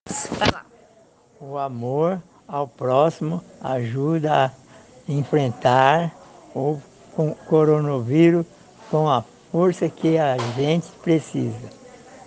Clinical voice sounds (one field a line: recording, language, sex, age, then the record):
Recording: spoken sentence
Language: Brazilian Portuguese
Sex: male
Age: 60 to 69 years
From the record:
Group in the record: respiratory insufficiency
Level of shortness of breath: 5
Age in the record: 65 years